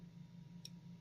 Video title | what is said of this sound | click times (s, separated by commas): They Should Have Done This A LONG Time Ago! (Unboxing) | Oh yeah, there's still a nice click in there, right? | 0.6 s